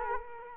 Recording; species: mosquito wingbeat signal from an infrared sensor; Culex quinquefasciatus